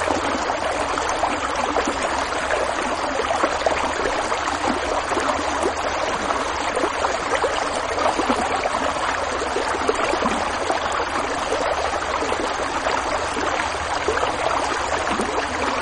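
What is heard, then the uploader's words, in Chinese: A river flows steadily, a dense, bright rush of water with countless small splashes and gurgles flickering through it. The sound holds an even level throughout, with a faint low rumble underneath. 清凉入心的河水。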